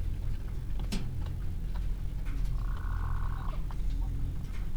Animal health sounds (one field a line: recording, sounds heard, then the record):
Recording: poultry house recording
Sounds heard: sick chickens (respiratory disease)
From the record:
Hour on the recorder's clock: 15